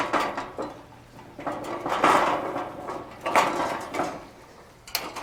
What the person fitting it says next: they click into place.